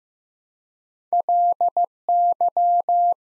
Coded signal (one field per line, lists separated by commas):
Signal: Morse code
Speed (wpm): 15 wpm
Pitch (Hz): 700 Hz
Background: none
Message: LY